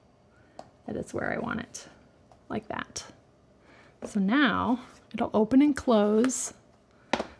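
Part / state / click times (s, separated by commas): split-top lid of a paper gift box closing onto its magnets / seated / 7.1 s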